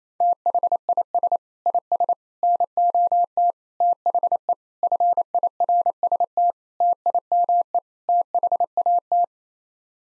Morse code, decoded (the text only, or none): THIS IS NOT THE FIRST TIME THAT